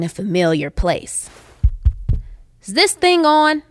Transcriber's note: banging on mic